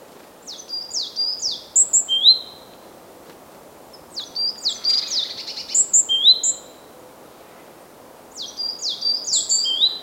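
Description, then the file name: Great tit giving bursts of high, clipped notes, each a quick downward sweep mixed with thin chirps, in three groups separated by short pauses, over low background hiss. "Parus major"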